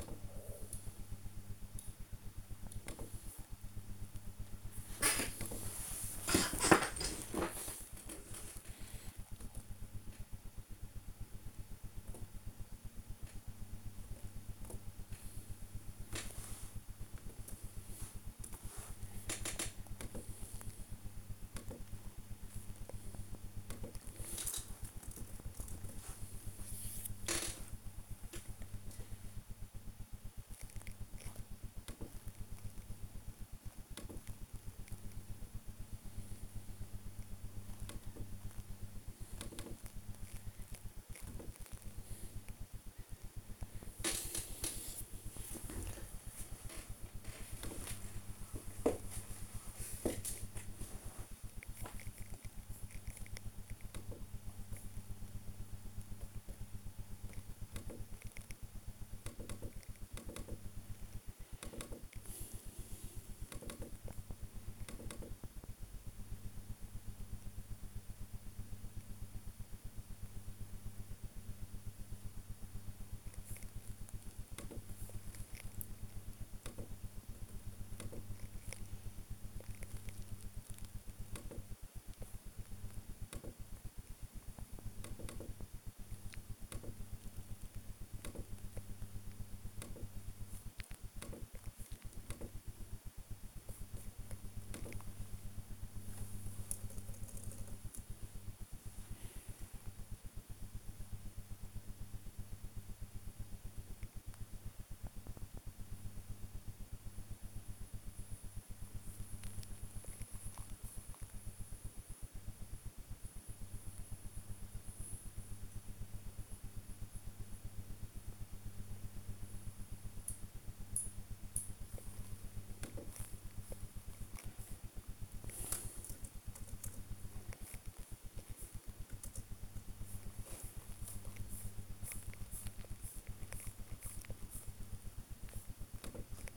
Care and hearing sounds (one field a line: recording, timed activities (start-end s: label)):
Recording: household activities, microphone on the right wrist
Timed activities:
0.00-136.57 s: working on the computer